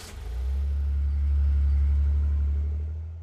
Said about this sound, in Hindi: दिव्यांश कुछ सोचकर कैबिन से निकलकर इंडस्ट्रीज के बाहर आ गया और फिर अपनी गाड़ी में बैठकर चला गया।